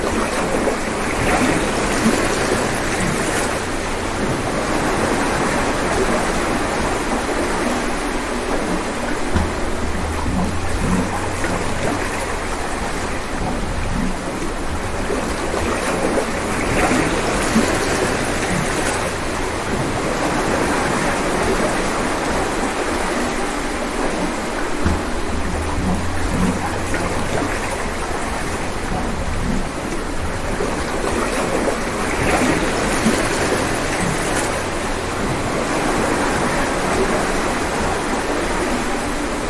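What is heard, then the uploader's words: Steady, dense seaside surf hisses without pause, with gentle swells every fifteen seconds or so and a brief low rumble near 10 and 25 seconds. Soothing Sounds of the Seaside.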